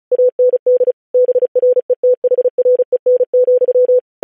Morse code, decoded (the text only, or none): AND BRETHREN,